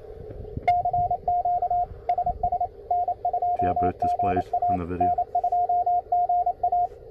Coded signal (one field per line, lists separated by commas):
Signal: Morse code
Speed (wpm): 28 wpm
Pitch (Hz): 710 Hz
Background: speech, radio noise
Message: CQ SS N2GA N2GA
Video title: POTA CW Transceiver Comparison CFT1 QMX and KH1 Parks on the Air Test Morse Code Ham Radio Receiver